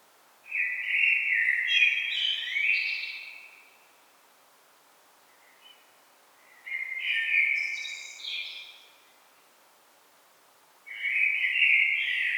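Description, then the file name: Common blackbird song, three mellow warbled phrases finishing in high twittering flourishes, with quiet pauses between; the last phrase is cut off. "Turdus merula"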